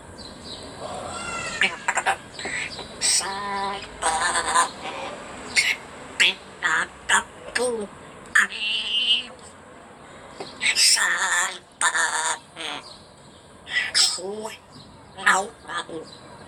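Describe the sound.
An African grey parrot named Berritxu sings a song in a squawky, human-like voice, delivering a string of short warbling phrases with brief pauses, some notes rising high and shrill.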